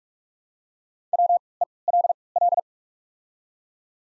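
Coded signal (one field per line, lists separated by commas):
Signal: Morse code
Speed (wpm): 48 wpm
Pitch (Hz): 700 Hz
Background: none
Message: WELL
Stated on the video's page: Morse practice of the top 300 words at 45 wpm using Farnsworth timing with 3x character spacing.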